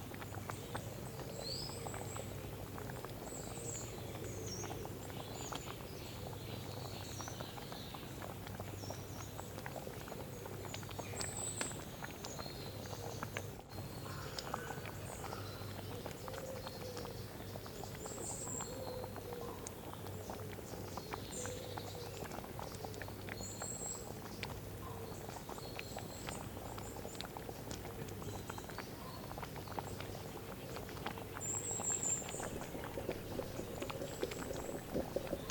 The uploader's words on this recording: Cooking in a little cottage kitchen. This ASMR episode is set in a little kitchen in the middle of nature. The soup boiling.